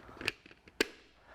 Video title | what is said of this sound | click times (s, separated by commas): Motorhead Garage Episode 2306 Segment 4 Brake Free & U Ace 3D Mats | it cure for about 20 minutes and that's about it clicks right in | 0.8 s